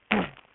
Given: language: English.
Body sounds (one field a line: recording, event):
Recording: throat vibration sensor signal played as sound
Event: throat clearing